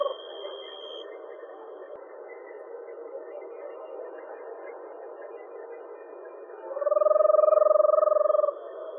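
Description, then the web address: Eastern Screech-Owl: a single deep, level whinny trill near the end, after several seconds of soft hiss and a faint high tone. Deep monotone whinny. "2018 05 eastern screech owl deep monotone whinny by paul marvin"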